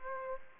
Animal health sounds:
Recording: mosquito wingbeat signal from an infrared sensor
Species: Aedes aegypti

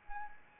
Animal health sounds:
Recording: mosquito wingbeat signal from an infrared sensor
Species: Anopheles arabiensis

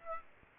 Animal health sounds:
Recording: mosquito wingbeat signal from an infrared sensor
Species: Aedes aegypti

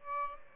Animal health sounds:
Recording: mosquito wingbeat signal from an infrared sensor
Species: Aedes albopictus

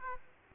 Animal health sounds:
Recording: mosquito wingbeat signal from an infrared sensor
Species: Aedes aegypti

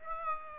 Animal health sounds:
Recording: mosquito wingbeat signal from an infrared sensor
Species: Aedes aegypti

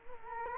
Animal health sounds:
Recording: mosquito wingbeat signal from an infrared sensor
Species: Culex quinquefasciatus

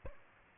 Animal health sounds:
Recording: mosquito wingbeat signal from an infrared sensor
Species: Aedes albopictus

